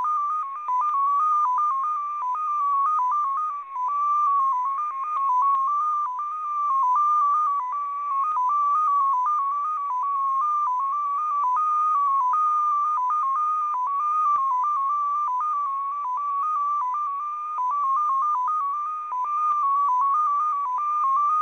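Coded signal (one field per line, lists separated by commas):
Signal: multi-tone FSK (Olivia or MFSK type)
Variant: XPA2, 14-tone MFSK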